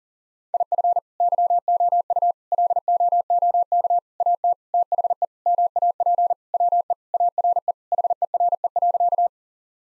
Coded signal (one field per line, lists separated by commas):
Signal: Morse code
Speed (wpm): 40 wpm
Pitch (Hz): 700 Hz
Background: none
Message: IF YOU LOOK AT THE MAP WE ARE HERE.